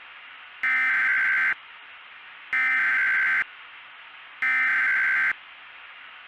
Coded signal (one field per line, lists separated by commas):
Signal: Emergency Alert System (SAME) tones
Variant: header bursts